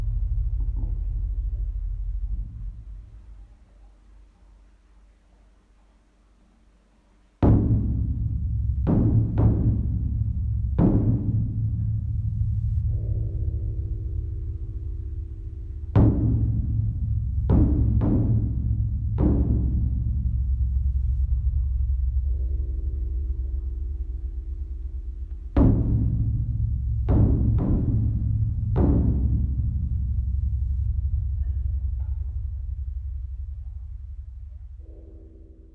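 A temple's evening drum booms deep in clusters of heavy strikes, each ringing out, separated by pauses and a fading opening rumble.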